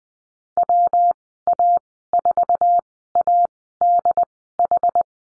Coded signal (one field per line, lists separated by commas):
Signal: Morse code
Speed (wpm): 20 wpm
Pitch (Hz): 700 Hz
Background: none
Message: WA4ADH